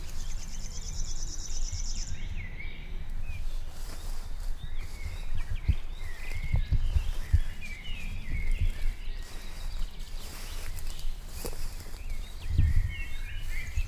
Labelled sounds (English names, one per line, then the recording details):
River Warbler song
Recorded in the wild
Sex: male
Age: adult
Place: Schönow, Naturpark Barnim, Brandenburg, DE
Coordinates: 52.68, 13.5086
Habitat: wetland
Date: 2007-06-03 20:47
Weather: overcast, ca. 15°C, no wind
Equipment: Sound Devices 702, Sennheiser MKH 416 T, Windkorb
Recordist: Frommolt, Karl-Heinz